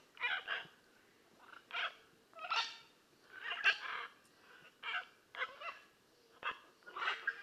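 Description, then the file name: Blue-and-yellow macaw making rough, croaking squawks in an irregular series, some doubled, with brief pauses between the grating notes. "Blue and yellow Macaw Ara ararauna"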